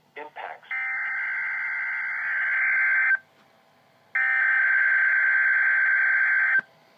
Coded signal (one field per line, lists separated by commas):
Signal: Emergency Alert System (SAME) tones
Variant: header bursts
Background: speech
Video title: EAS 159 KIH35 RWT